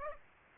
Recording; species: mosquito wingbeat signal from an infrared sensor; Aedes aegypti